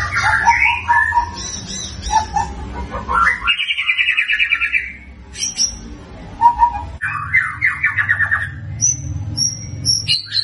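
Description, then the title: White-rumped shama song of rich varied phrases with two rapid rattling trills, mixed whistles and chirps, over a faint low hum. Lure sound to make white-rumped shamas respond. "PANCINGAN MURAI BATU GACOR"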